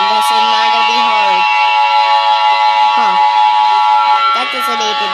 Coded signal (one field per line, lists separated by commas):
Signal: Emergency Alert System (SAME) tones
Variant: 853 and 960 Hz attention tone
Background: speech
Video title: ￼kayden ￼ react to EAS Scenario￼ scp 9143 Also known￼￼ clayranger143